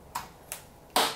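The foam canopy of a Hubsan H301S Spy Hawk RTF FPV plane is pressed down onto the fuselage. Two short, sharp ticks at about 0.2 s and 0.5 s lead up to a louder, brighter click at 1.0 s as the first canopy latch clicks shut. The canopy is seated.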